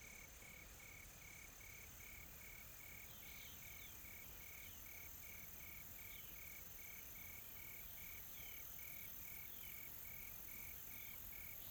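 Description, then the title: Insects trilling: rapid, regular pulsed chirps continue without a break over a shimmering high drone, with a few faint higher chirps scattered throughout. Tropical forest ambience; soft, calm insect sounds. "GameAudioGDC. AMBIENCE Additional Tropical Forest Soft Insects Calm"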